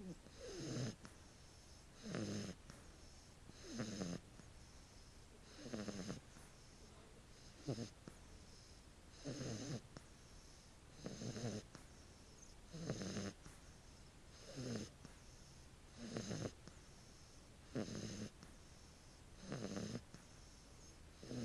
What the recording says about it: The sound of puppies sleeping snoring. My dogs make the funniest little noises when they sleep.